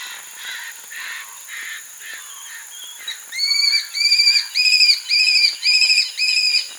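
Aplomado falcon: faint scratchy sounds for about three seconds, then a loud run of evenly spaced ringing notes, nearly two a second, continuing to the end.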